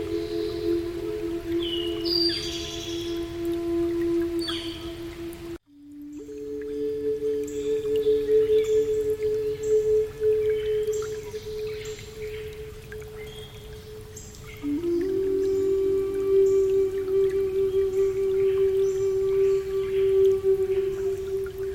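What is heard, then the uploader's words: A breathy flute holds long, low notes that shift pitch twice, with a brief silence near six seconds, while birds chirp faintly above. North American Indian Flute and Forest Sounds - Relaxing Native Flute & Birds Singing.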